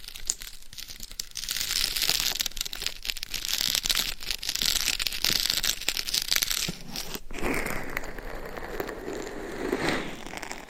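Scratching and tapping on a binaural mic with gloves and nails, a dense, crinkly rustle with quick clicks running throughout. The first seven seconds are bright and hissy; after a brief gap the texture turns fuller and lower, like rubbing fabric or rubber.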